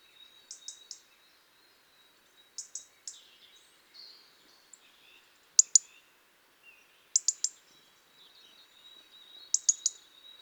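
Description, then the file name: European robin uttering sharp high ticks in groups of two or three, repeated every couple of seconds, over a faint steady high whine. "Erithacus rubecula"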